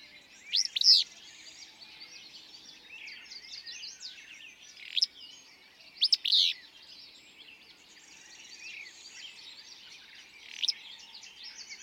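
Willow flycatcher giving harsh, sneezy, buzzy song phrases at irregular intervals of a few seconds, with a dense chorus of high-pitched songbirds around it.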